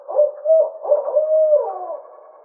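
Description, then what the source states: Barred owl giving a short burst of rich, slurred hoots, the last note long and sliding downward before trailing off into quiet hiss. Recorded 24 May 2009.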